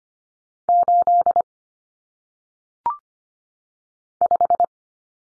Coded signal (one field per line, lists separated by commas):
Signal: Morse code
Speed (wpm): 25 wpm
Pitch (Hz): 700 Hz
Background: none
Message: 8 5